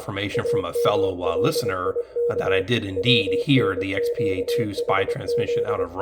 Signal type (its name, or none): Morse code